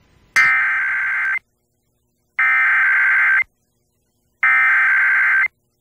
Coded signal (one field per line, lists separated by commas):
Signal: Emergency Alert System (SAME) tones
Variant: header bursts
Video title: EAS #515: EAS Required Monthly Test- June 7, 2021- 12:15AM PDT